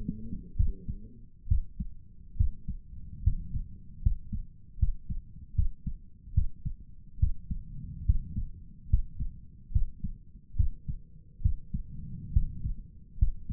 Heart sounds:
heart sounds by stethoscope; 71 bpm
0.56 s: heartbeat
1.48 s: heartbeat
2.36 s: heartbeat
3.23 s: heartbeat
4.02 s: heartbeat
4.78 s: heartbeat
5.55 s: heartbeat
6.34 s: heartbeat
7.19 s: heartbeat
8.05 s: heartbeat
8.89 s: heartbeat
9.72 s: heartbeat
10.56 s: heartbeat
11.41 s: heartbeat
12.32 s: heartbeat
13.18 s: heartbeat
From the record:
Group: healthy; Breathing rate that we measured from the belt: 14 breaths a minute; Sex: male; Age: 35 years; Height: 178 cm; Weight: 64 kg

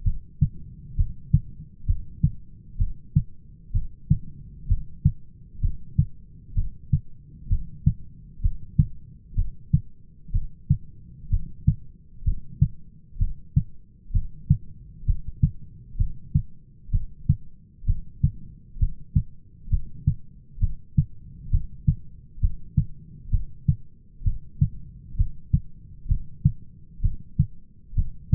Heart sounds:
heart sounds by stethoscope; 64 bpm
0.06 s: heartbeat
0.98 s: heartbeat
1.88 s: heartbeat
2.79 s: heartbeat
3.74 s: heartbeat
4.69 s: heartbeat
5.62 s: heartbeat
6.56 s: heartbeat
7.50 s: heartbeat
8.43 s: heartbeat
9.37 s: heartbeat
10.33 s: heartbeat
11.31 s: heartbeat
12.26 s: heartbeat
13.20 s: heartbeat
14.14 s: heartbeat
15.07 s: heartbeat
15.99 s: heartbeat
16.93 s: heartbeat
17.87 s: heartbeat
18.80 s: heartbeat
19.71 s: heartbeat
20.61 s: heartbeat
21.52 s: heartbeat
22.42 s: heartbeat
23.32 s: heartbeat
24.25 s: heartbeat
25.18 s: heartbeat
26.09 s: heartbeat
27.03 s: heartbeat
27.97 s: heartbeat
From the record:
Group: heart failure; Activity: rest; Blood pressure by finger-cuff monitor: 133/93 mmHg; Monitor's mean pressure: 107 mmHg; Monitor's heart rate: 64 bpm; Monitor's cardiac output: 5.9 L/min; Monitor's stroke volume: 92 mL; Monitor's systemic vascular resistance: 1340 dyn s/cm5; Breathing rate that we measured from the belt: 18 breaths a minute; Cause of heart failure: idiopathic cardiomyopathy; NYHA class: 1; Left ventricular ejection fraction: 50%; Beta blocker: bisoprolol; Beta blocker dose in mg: 5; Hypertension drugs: candesartan, spironolactone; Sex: male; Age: 54 years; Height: 180 cm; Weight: 94.6 kg

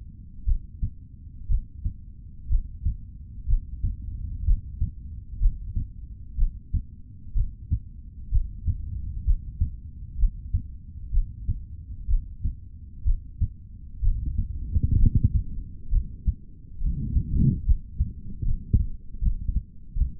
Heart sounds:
heart sounds by stethoscope; 65 bpm
0.45 s: heartbeat
1.47 s: heartbeat
2.48 s: heartbeat
3.46 s: heartbeat
4.44 s: heartbeat
5.38 s: heartbeat
6.36 s: heartbeat
7.33 s: heartbeat
8.30 s: heartbeat
9.24 s: heartbeat
10.17 s: heartbeat
11.10 s: heartbeat
12.07 s: heartbeat
13.03 s: heartbeat
14.00 s: heartbeat
14.97 s: heartbeat
15.90 s: heartbeat
16.79 s: heartbeat
17.64 s: heartbeat
18.43 s: heartbeat
19.20 s: heartbeat
19.94 s: heartbeat
From the record:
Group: healthy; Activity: breath hold 0-14 s, rest 14-20 s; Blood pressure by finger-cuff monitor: 121/71 mmHg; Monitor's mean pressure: 88 mmHg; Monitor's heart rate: 62 bpm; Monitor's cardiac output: 3.8 L/min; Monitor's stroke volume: 61 mL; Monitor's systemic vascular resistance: 1720 dyn s/cm5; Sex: male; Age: 55 years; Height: 167 cm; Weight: 57.2 kg

